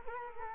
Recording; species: mosquito wingbeat signal from an infrared sensor; Culex quinquefasciatus